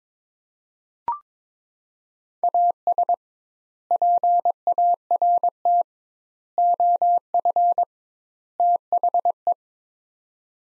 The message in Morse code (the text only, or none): AS PART OF THE